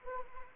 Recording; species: mosquito wingbeat signal from an infrared sensor; Anopheles arabiensis